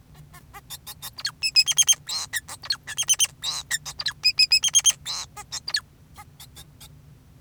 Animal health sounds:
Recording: song of a male Bengalese finch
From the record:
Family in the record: son of father 2, and himself father 4

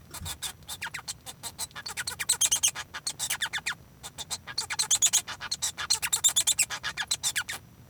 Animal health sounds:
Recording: song of a male Bengalese finch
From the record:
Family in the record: son of father 1

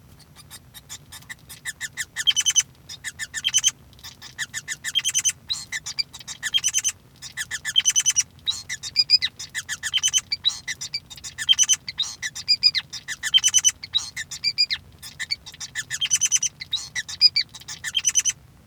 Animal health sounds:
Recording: song of a male Bengalese finch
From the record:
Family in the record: son of father 5

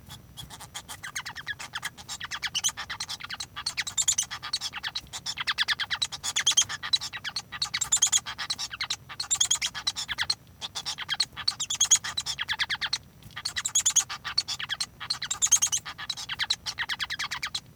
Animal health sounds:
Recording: song of a male Bengalese finch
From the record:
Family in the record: son of father 1

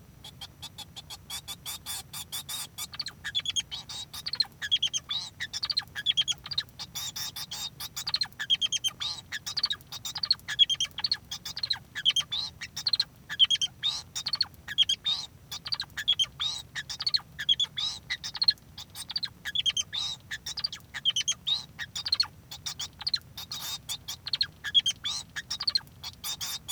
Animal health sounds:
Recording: song of a male Bengalese finch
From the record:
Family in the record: son of father 2

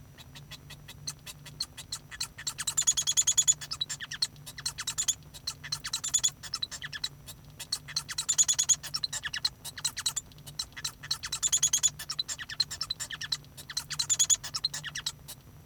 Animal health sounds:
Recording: song of a male Bengalese finch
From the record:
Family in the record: son of father 1

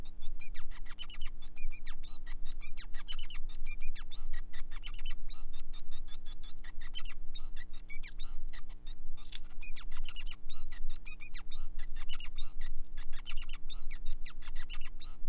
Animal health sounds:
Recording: song of a male Bengalese finch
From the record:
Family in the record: son of father 5

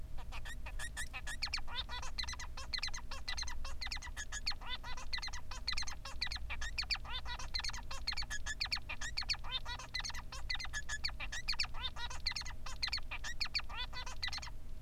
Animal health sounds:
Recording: song of a male Bengalese finch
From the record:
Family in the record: son of father 3

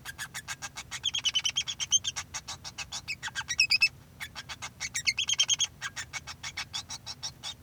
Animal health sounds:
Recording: song of a male Bengalese finch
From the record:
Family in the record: son of father 2

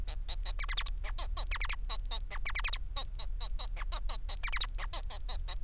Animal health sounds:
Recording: song of a male Bengalese finch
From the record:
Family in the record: son of father 4

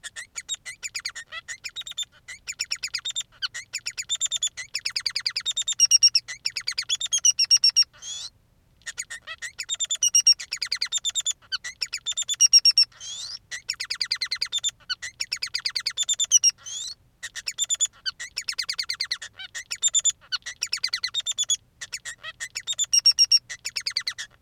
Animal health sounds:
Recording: song of a male Bengalese finch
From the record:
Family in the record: son of father 3

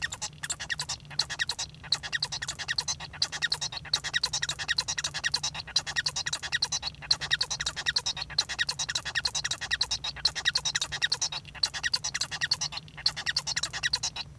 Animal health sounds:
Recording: song of a male Bengalese finch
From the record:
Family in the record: son of father 1

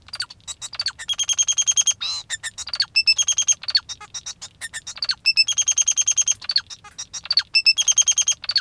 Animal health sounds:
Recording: song of a male Bengalese finch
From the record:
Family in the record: father 2

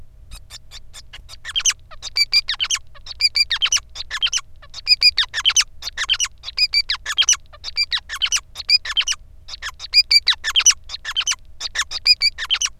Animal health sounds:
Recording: song of a male Bengalese finch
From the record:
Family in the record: son of father 5

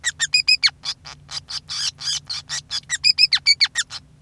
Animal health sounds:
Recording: song of a male Bengalese finch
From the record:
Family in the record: son of father 5

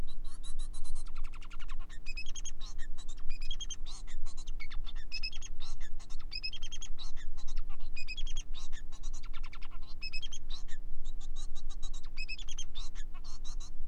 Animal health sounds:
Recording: song of a male Bengalese finch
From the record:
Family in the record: son of father 4

